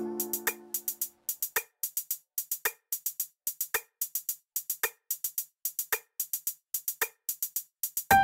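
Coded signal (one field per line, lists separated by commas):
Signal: none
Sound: music track drum beeps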